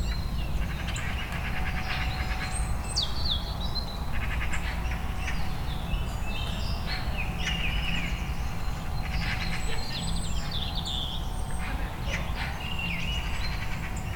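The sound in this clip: Birds chirping, a busy mix of short chirps and whistles scattered throughout, with a faint steady hum and low rumbling noise underneath.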